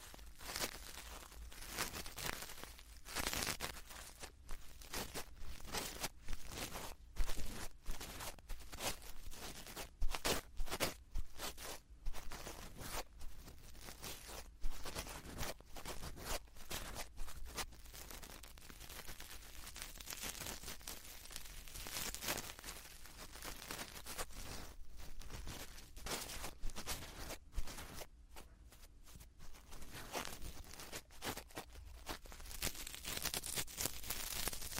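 A soft brush sweeps and taps against a microphone ear, making dense, crackly rustling strokes that continue without pause. The strokes come in quick, uneven bursts, with a few louder scratches around 7, 10 and 28 seconds, over a faint low hum.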